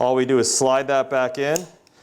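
Someone talks while handling the rotation/track piece of a transperineal prostate biopsy stepper, about to slide it back onto its center point and track in the stepper base so it lines up and pops flush into the locating hole. Nothing has seated or clicked yet; only a faint, brief tick is heard near 1.9 seconds after the talking stops.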